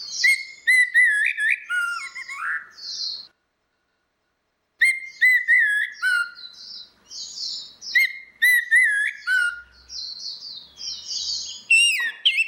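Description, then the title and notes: Orange-headed thrush singing long, varied whistled phrases mixing clear slurred notes and high chirps, with one short pause before the song resumes. Anis merah song in ngeplong style (continuous singing), a masteran recording for training anis kembang. "Suara Burung Anis Merah Ngeplong. Masteran Anis Kembang"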